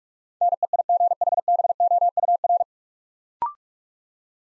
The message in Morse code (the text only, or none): NEIGHBOUR